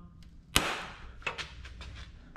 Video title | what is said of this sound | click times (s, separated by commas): BMW K1200 Clutch & Main Seal Replacement Step by Step | you can hear that really positive snap | 0.6 s